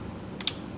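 The other end of a fuel line is pushed into its quick connect fitting during a Dorch Engineering Stage 2 high-pressure fuel pump install on an N55-engined BMW 335i F30. A faint tick at 0.4 s is followed by one sharp, bright click at 0.5 s over low background hum. The fuel line fitting is seated in the quick connect.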